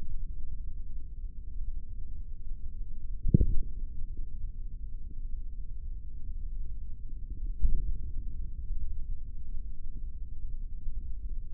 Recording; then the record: forearm muscle sounds (acoustic myography)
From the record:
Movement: finger pinch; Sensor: system 3, bracelet of six PUI Audio POM-2738L microphones around the upper forearm, with dedicated amplification and filtering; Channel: 1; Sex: male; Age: 43 years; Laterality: right